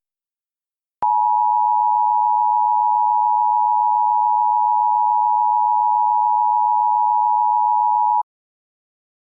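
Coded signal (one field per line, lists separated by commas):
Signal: Emergency Alert System (SAME) tones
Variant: 853 and 960 Hz attention tone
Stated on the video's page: Simulated EAS scenario made with Audacity.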